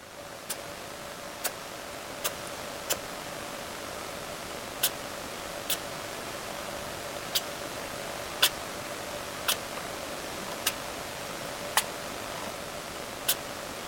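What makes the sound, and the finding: Sugar glider. Sneezing.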